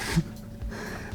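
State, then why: Not seated. While assembling a PC, a component is pushed toward its place in the case or motherboard but fails to seat, and nothing has clicked into place. Only quiet handling noise is heard, with faint low thuds around 0.2, 0.7 and 1.1 seconds and no distinct click.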